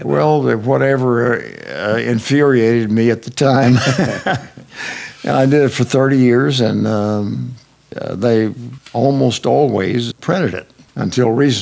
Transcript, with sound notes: Well, whatever infuriated me at the (Chuckling) And I did it for 30 years and they almost always printed it until recently.